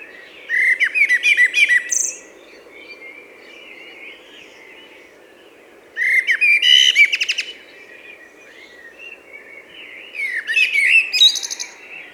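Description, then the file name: Common blackbird song: three separate phrases of fluting warbling, each closing with shrill, rapid twitters, separated by pauses. "Turdus merula"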